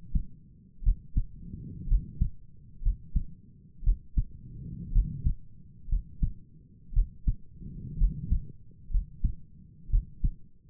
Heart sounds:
heart sounds by stethoscope; 60 bpm
0.83 s: heartbeat
1.88 s: heartbeat
2.83 s: heartbeat
3.84 s: heartbeat
4.92 s: heartbeat
5.89 s: heartbeat
6.93 s: heartbeat
7.98 s: heartbeat
8.91 s: heartbeat
9.90 s: heartbeat
From the record:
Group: healthy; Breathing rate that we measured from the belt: 19 breaths a minute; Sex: female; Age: 28 years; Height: 170 cm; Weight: 77 kg

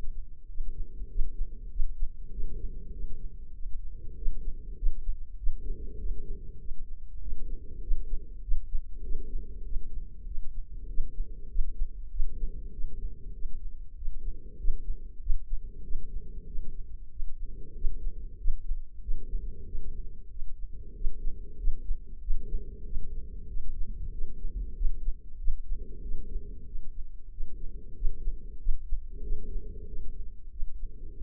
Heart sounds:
heart sounds by microphone in the left ear; 96 bpm
0.49 s: heartbeat
1.10 s: heartbeat
1.71 s: heartbeat
2.32 s: heartbeat
2.93 s: heartbeat
3.54 s: heartbeat
4.16 s: heartbeat
4.77 s: heartbeat
5.38 s: heartbeat
5.99 s: heartbeat
6.60 s: heartbeat
7.21 s: heartbeat
7.82 s: heartbeat
8.43 s: heartbeat
9.03 s: heartbeat
9.65 s: heartbeat
10.26 s: heartbeat
10.88 s: heartbeat
11.50 s: heartbeat
12.11 s: heartbeat
12.72 s: heartbeat
13.34 s: heartbeat
13.96 s: heartbeat
14.59 s: heartbeat
15.21 s: heartbeat
15.84 s: heartbeat
16.47 s: heartbeat
17.11 s: heartbeat
17.75 s: heartbeat
18.39 s: heartbeat
19.02 s: heartbeat
19.66 s: heartbeat
20.30 s: heartbeat
20.95 s: heartbeat
21.58 s: heartbeat
22.21 s: heartbeat
22.85 s: heartbeat
23.48 s: heartbeat
24.12 s: heartbeat
24.75 s: heartbeat
25.39 s: heartbeat
26.02 s: heartbeat
26.66 s: heartbeat
27.31 s: heartbeat
27.96 s: heartbeat
28.60 s: heartbeat
29.23 s: heartbeat
29.87 s: heartbeat
30.51 s: heartbeat
31.15 s: heartbeat
From the record:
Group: healthy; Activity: rest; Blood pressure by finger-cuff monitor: 113/61 mmHg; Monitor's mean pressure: 80 mmHg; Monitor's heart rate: 95 bpm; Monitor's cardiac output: 7.7 L/min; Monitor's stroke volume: 81 mL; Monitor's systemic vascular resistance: 750 dyn s/cm5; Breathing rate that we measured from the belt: 18 breaths a minute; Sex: female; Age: 43 years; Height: 160 cm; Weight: 90 kg

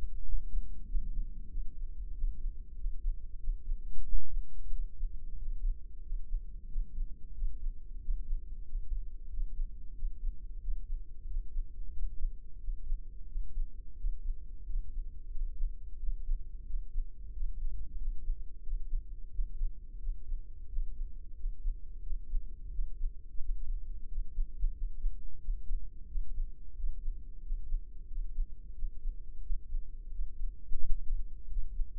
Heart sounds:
heart sounds by microphone in the left ear; 90 bpm
0.26 s: heartbeat
0.88 s: heartbeat
1.51 s: heartbeat
2.16 s: heartbeat
2.78 s: heartbeat
3.41 s: heartbeat
4.06 s: heartbeat
4.73 s: heartbeat
5.40 s: heartbeat
6.04 s: heartbeat
6.70 s: heartbeat
7.35 s: heartbeat
8.02 s: heartbeat
8.66 s: heartbeat
9.31 s: heartbeat
9.96 s: heartbeat
10.62 s: heartbeat
11.28 s: heartbeat
11.94 s: heartbeat
12.61 s: heartbeat
13.29 s: heartbeat
13.98 s: heartbeat
14.67 s: heartbeat
15.33 s: heartbeat
16.00 s: heartbeat
16.67 s: heartbeat
17.34 s: heartbeat
17.99 s: heartbeat
18.64 s: heartbeat
19.32 s: heartbeat
20.01 s: heartbeat
20.70 s: heartbeat
21.37 s: heartbeat
22.04 s: heartbeat
22.72 s: heartbeat
23.41 s: heartbeat
24.09 s: heartbeat
24.75 s: heartbeat
25.42 s: heartbeat
26.09 s: heartbeat
26.77 s: heartbeat
27.43 s: heartbeat
28.09 s: heartbeat
28.76 s: heartbeat
29.43 s: heartbeat
30.12 s: heartbeat
30.82 s: heartbeat
31.48 s: heartbeat
From the record:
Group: healthy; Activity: rest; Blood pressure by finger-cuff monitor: 138/69 mmHg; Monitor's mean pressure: 88 mmHg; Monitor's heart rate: 90 bpm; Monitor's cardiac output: 8.3 L/min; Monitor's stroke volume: 91 mL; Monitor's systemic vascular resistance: 790 dyn s/cm5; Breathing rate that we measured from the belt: 19 breaths a minute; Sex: male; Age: 21 years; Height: 175 cm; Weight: 72.6 kg

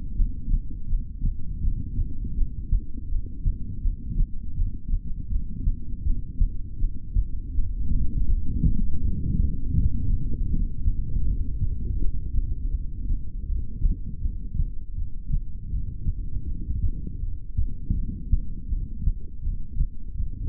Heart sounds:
heart sounds by stethoscope; 81 bpm
0.13 s: heartbeat
0.85 s: heartbeat
1.58 s: heartbeat
2.31 s: heartbeat
3.05 s: heartbeat
3.78 s: heartbeat
4.52 s: heartbeat
5.25 s: heartbeat
6.00 s: heartbeat
6.75 s: heartbeat
7.49 s: heartbeat
8.24 s: heartbeat
8.98 s: heartbeat
9.72 s: heartbeat
10.45 s: heartbeat
11.20 s: heartbeat
11.94 s: heartbeat
12.69 s: heartbeat
13.44 s: heartbeat
14.18 s: heartbeat
14.92 s: heartbeat
15.67 s: heartbeat
16.42 s: heartbeat
17.17 s: heartbeat
17.91 s: heartbeat
18.65 s: heartbeat
19.39 s: heartbeat
20.13 s: heartbeat
From the record:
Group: heart failure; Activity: rest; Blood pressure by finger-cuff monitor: 90/49 mmHg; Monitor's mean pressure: 66 mmHg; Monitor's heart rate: 81 bpm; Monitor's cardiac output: 8.1 L/min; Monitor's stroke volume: 99 mL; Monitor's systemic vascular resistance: 560 dyn s/cm5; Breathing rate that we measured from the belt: 12 breaths a minute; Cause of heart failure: ischemic heart disease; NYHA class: 2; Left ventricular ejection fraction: 28%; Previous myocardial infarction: present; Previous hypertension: present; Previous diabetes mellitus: present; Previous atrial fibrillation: present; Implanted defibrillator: present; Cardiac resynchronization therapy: present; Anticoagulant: apixaban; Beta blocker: bisoprolol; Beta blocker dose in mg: 10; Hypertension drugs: sacubitril-valsartan, spironolactone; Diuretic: furosemide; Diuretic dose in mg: 20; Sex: male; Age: 62 years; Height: 178 cm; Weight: 88.3 kg

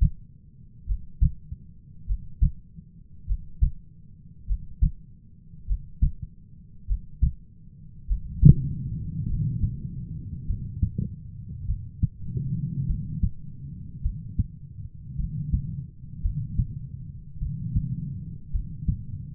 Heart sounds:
heart sounds by stethoscope; 51 bpm
0.84 s: heartbeat
2.04 s: heartbeat
3.24 s: heartbeat
4.44 s: heartbeat
5.64 s: heartbeat
6.84 s: heartbeat
8.04 s: heartbeat
9.25 s: heartbeat
10.44 s: heartbeat
11.64 s: heartbeat
12.85 s: heartbeat
14.00 s: heartbeat
15.15 s: heartbeat
16.20 s: heartbeat
17.38 s: heartbeat
18.50 s: heartbeat
From the record:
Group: heart failure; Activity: breath hold 0-11 s, rest 11-19 s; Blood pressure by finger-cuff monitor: 67/36 mmHg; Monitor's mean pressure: 47 mmHg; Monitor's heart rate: 51 bpm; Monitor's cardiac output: 4.1 L/min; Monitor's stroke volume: 80 mL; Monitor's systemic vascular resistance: 760 dyn s/cm5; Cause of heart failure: dilated cardiomyopathy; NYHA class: 3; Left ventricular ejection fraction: 27%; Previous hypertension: present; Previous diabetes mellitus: present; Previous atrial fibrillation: present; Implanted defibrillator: present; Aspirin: present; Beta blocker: bisoprolol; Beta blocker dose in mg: 1.25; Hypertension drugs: sacubitril-valsartan, spironolactone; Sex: female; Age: 39 years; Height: 170 cm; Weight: 64 kg

